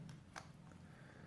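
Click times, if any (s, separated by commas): none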